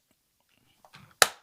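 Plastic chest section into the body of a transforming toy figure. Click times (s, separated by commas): 1.2 s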